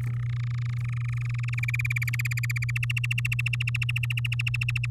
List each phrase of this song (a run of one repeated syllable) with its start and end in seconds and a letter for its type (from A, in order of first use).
0.01-1.60 A, 1.63-2.71 B, 2.75-4.86 C